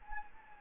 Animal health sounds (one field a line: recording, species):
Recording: mosquito wingbeat signal from an infrared sensor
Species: Anopheles gambiae